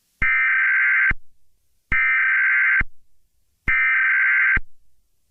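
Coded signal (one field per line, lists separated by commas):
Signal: Emergency Alert System (SAME) tones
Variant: header bursts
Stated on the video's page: Fictional EAS scenario about a hostage situation, simulated alert tones.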